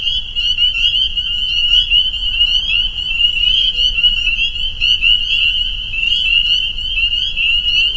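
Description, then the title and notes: Dense spring peeper chorus: high, piercing peeps overlapping continuously, pulsing slightly in loudness throughout. Soundscape of a spring peeper chorus at a pond on friends' property in northern Vermont. "Peepers. a soundscape recorded at the peeper pond on our friends' property in northern Vermont"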